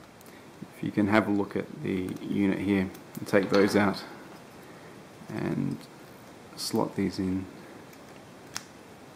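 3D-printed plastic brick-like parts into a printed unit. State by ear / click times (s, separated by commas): seated / 8.6 s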